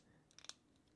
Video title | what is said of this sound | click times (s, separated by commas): DAL Prop Fold - FPV Folding Prop Review - These Aren't The Props You're Looking For | pushing it together and you hear that snapping together so | 0.3 s, 0.4 s, 0.5 s